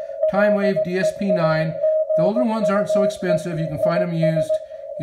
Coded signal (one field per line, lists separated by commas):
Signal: Morse code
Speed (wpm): 17 wpm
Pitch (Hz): 630 Hz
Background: speech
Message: LEAGUE IS